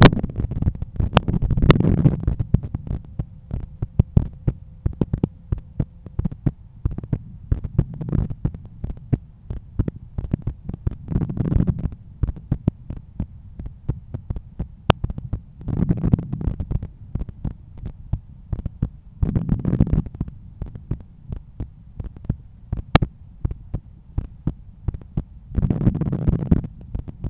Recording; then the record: heart sounds by stethoscope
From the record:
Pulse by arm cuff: 86 bpm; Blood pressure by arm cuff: 138/86 mmHg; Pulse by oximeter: 83 bpm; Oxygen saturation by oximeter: 97%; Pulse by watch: 99 bpm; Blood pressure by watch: 123/80 mmHg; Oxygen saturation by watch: 95%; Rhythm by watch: sinus rhythm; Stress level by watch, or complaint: low stress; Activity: after 5 min smoking and coffee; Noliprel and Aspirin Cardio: after pills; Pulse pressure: 52 mmHg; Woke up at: 7:30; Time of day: 8:57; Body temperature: 36.4 C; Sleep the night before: 8 h 32 min, score 78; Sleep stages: REM 32%, light 50%, deep 12%, awake 6%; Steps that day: 9500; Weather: sunny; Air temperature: 15.6 C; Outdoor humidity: 83%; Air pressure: 1014 hPa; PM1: 15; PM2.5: 19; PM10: 35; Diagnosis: hypertension, treated with Noliprel and Aspirin Cardio 100 mg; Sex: male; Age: 53 years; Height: 174 cm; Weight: 81 kg